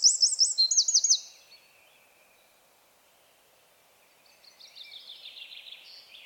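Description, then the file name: Eurasian wren song: a burst of rapid, piercing, hooked notes for about a second, then quiet, followed by a faint high trill. "Troglodytes troglodytes"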